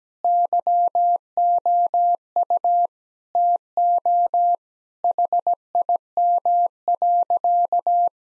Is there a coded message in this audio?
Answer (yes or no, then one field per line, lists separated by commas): yes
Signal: Morse code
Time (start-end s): 0.2-8.1 s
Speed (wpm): 17 wpm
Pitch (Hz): 700 Hz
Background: none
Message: YOU TO HIM.